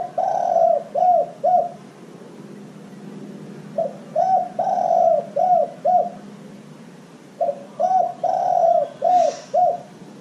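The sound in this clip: Dove cooing in three phrases, each a run of short coos around one longer drawn-out note, separated by short pauses.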